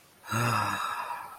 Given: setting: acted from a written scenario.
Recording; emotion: vocal sound without words; contempt